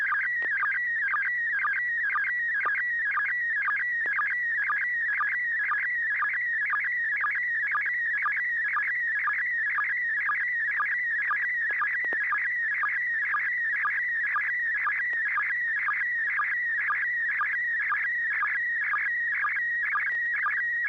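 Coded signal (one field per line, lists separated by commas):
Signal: SSTV (slow-scan television)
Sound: warbling tone sweeping up and down, with a quick low chirp about twice a second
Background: low mains hum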